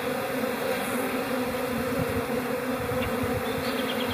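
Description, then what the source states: Honey bee hive chatter as an even, continuous buzzing hum, low and unbroken throughout, with only slight flickers of fuller wingbeat sound. Hive chatter in April.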